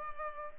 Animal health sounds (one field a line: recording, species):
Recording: mosquito wingbeat signal from an infrared sensor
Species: Culex pipiens